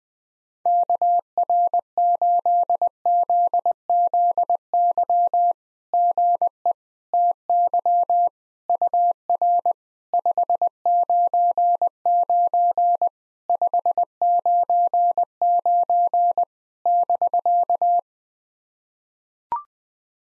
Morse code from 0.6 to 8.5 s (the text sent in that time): KR8ZZY GE TY